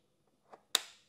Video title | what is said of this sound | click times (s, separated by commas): #60 [Présentation] – Retour sur la Station électrique portable BLUETTI AC60 et B80 | tu as un petit clic voilà il bouge plus tu | 0.8 s